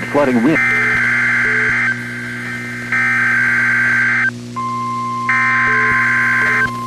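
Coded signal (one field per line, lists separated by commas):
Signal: Emergency Alert System (SAME) tones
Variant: header bursts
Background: speech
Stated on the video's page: Multiple EAS alerts from Illinois.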